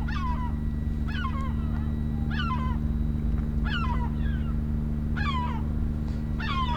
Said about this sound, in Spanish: Es lo mismo que es gaviotas manipuladas, ¿no? Ajá, gaviotas manipuladas.